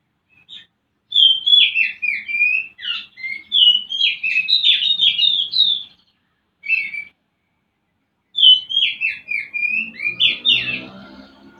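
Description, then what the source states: Oriental magpie-robin song: loud, varied whistled phrases of rapid slurred notes, pausing twice before resuming, with faint rustling at the end. Used to stimulate a bird into singing; Indonesian 'pancingan birahi' (mating lure) and 'masteran' (tutor song) recording for the kacer.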